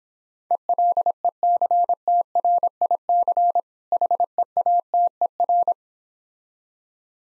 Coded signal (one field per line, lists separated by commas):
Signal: Morse code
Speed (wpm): 26 wpm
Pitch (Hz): 700 Hz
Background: none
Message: ELECTRIC HEATER